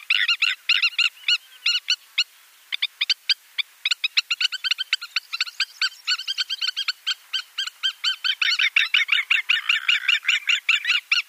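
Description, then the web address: Spur-winged lapwing display calling, long fast run of harsh, ringing notes, briefly pausing, then resuming in a denser chatter toward the end. A pair of spur-winged plovers in display. "Schulze Peter Spur-winged Plover pair display"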